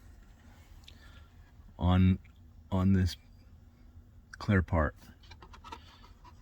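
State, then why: Not seated. A metal hinge spring is handled at a small slot on the clear plastic hinge part of an iRobot M6 Braava Jet during a lid and hinge fix, with faint light taps and scrapes in the quiet between bursts of talk. Someone talks. Nothing has seated or clicked yet.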